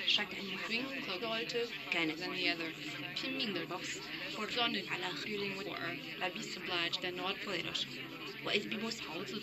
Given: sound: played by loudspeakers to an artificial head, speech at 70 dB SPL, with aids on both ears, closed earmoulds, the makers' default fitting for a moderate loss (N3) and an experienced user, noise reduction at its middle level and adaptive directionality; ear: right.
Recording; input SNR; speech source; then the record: speech test signal (ISTS) in cocktail-party noise; +3 dB; in front (0 degrees)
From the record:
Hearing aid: class 1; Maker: D